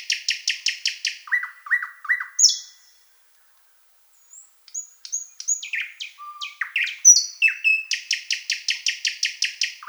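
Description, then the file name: Thrush nightingale song: a fast rattling series, slurred lower notes, a pause, then varied whistles and chucks building into another rapid, repeated rattle. "solovey obyknovennyy golos"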